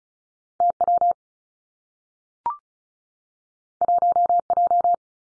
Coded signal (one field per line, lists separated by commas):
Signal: Morse code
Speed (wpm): 36 wpm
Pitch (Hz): 700 Hz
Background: none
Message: T W 1 J